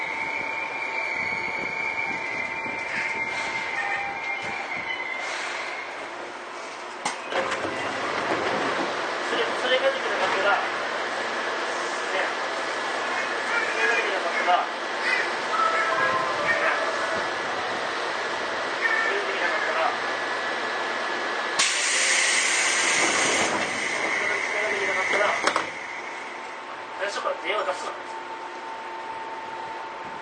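An older Seibu 2000 series train on the Seibu-Shinjuku to Hon-Kawagoe line, opening with a steady whine over a low rumble and a voice. The running noise grows rougher and louder from about seven seconds, a hissing burst flares around 22–25 seconds, then the whine returns.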